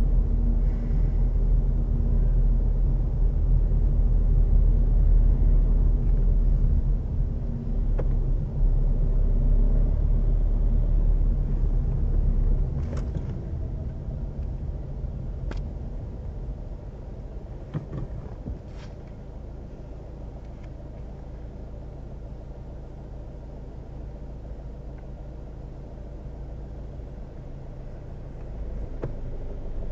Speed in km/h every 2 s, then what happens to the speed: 20, 20, 20, 19, 17, 19, 16, 10, 0, 1, 0, 0, 0, 0, 0.
0-11 steady at about 19. 11-16 brakes to 0. 16-28 standing.